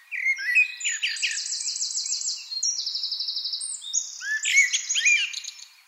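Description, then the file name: Eurasian wren song, a loud rapid outpouring of sharp high notes and long buzzy trills, the trilled runs shifting pitch mid-phrase, with scratchy chattering notes at both ends. "Troglodytes troglodytes"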